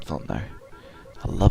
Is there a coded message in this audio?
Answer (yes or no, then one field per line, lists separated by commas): no